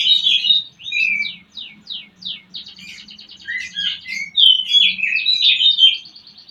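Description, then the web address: Oriental magpie-robin singing continuously, mixing rapid downslurred chips, buzzy trills and clear whistled notes between mid and high pitch, with a faint low hum underneath. Used to stimulate a bird into singing; Indonesian 'pancingan birahi' (mating-arousal lure) and 'masteran' (tutor song) style. "kacer pancingan birahi. masteran kacer"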